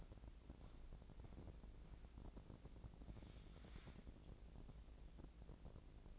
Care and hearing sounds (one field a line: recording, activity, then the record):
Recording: daily activity, microphone in the room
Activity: walk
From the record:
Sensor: 5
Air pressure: 1012.3 hPa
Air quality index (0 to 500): 166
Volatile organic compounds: 2 ppm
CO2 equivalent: 1130 ppm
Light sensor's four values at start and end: 344/835/354/395 and 328/793/338/377